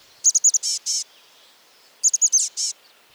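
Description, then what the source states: Chestnut-backed Chickadee calls in two quick bouts of very high, thin notes followed by buzzy, hoarse notes, about two seconds apart. Pacific Northwest resident with resplendent brown plumage.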